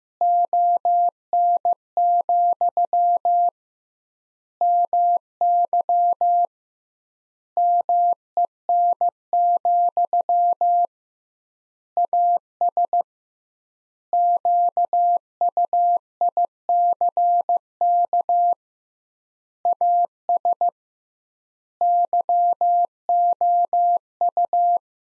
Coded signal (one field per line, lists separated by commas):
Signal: Morse code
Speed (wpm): 16 wpm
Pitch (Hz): 700 Hz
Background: none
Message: ON, MY MEN, AS QUICK AS YOU